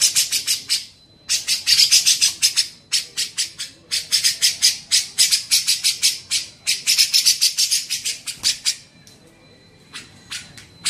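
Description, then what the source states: Grey-cheeked bulbul uttering grating, buzzy pulses in uneven bursts separated by short silences. Masteran tutor recording used for training songbirds.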